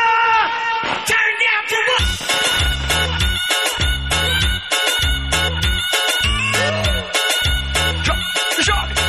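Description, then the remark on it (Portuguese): A crowd at a live show in São Miguel on 25 November 2017 screams and cheers loudly over pounding, rhythmic music with a heavy beat, the shouts blending into the steady wall of sound for several seconds. “Só quem tem alguma coisa a agradecer a Deus, dá um grito aí, galera.”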